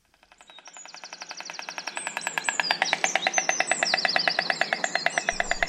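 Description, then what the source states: White stork bill clattering: a long, even wooden rattle of rapid knocks that swells in loudness and then holds steady, with thin high chirps of small birds above it. White storks nesting in oak treetops since 2020 at a rewilding project in West Sussex, Britain; a characteristic sound of spring there.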